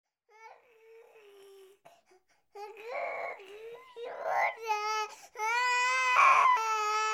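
A baby fusses softly, then builds into loud, wailing cries with a clear, high, strained tone, rising and falling in bursts over about seven seconds. Typical infant crying.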